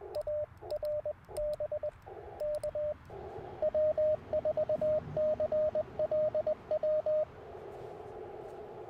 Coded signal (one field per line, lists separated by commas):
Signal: Morse code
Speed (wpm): 21 wpm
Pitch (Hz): 600 Hz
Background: radio noise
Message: ARB K W4CLW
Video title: Morning Morse Code at Tuskegee National Forest K-4451 - 11/22/23